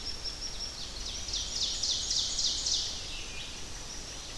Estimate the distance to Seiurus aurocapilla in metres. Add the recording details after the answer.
about 45 m. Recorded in boreal forest in Alberta, Canada, on 10 June 2016 at 05:52. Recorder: SongMeter 3, array SBT-3-39. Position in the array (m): 208 m, 164 m. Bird 17